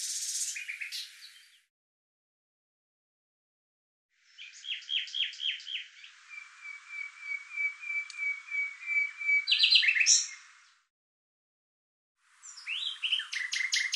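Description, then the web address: Bird song phrases: a brief high burst, then a long varied sequence of clicks, trilled notes and a thin whistled line, ending with another quick burst of sharp chirps. "cianscape birddata Deverinetal 2025 Bird Lu Me Lu Me"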